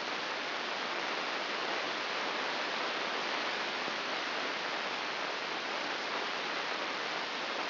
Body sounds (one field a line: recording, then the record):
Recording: brain microelectrode recording played as sound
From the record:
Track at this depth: inside the subthalamic nucleus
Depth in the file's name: 5.601 mm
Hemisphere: right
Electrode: 2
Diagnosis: Parkinson's disease